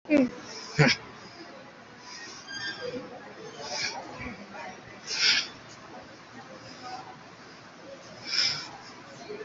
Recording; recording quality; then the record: shallow breathing; excellent, no background noise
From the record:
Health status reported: COVID-19 positive, mild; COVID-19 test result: positive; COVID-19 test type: RT-PCR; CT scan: taken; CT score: 5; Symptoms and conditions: cough, cold, sore throat, diabetes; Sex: male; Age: 43 years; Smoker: no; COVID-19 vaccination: one dose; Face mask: not worn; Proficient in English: yes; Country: India